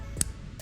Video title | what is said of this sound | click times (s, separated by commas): 今世界一売れているアクションカメラInsta360！X4の機能、使い方、編集方法 inモロッコ | バッテリーやSDカードをしまう時には赤い印がなくなるまでしっかりカチッと音がするまで閉めるようにしてください。 | 0.2 s